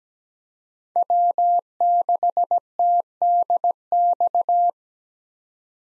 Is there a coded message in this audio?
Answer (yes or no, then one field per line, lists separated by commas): yes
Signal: Morse code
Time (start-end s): 1.0-4.7 s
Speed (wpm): 17 wpm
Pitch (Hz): 700 Hz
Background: none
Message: W6TDX